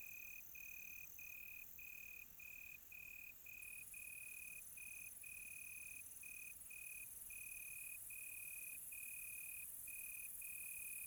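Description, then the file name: Cricket chirping in short, even pulses, steady throughout, over a high continuous insect hiss. Quiet tropical night. "quiet tropical night with cricket"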